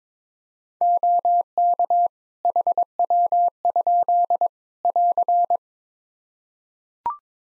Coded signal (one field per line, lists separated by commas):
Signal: Morse code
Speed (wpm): 21 wpm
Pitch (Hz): 700 Hz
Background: none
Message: OK HW? <AR>